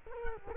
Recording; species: mosquito wingbeat signal from an infrared sensor; Culex quinquefasciatus